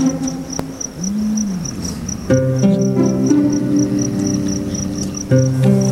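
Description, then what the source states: Cougar giving low moaning yowls, one brief arched wail followed by drawn-out harmonic tones, with a constant high ticking pulse throughout. Cougars recorded while mating.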